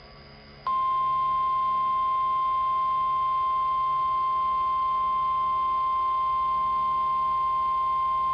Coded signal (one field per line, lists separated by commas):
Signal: Emergency Alert System (SAME) tones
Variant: 1050 Hz attention tone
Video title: EAS Alert #6 & 7 [Required Weekly Test] (KEC61) NWS MOBILE !!!!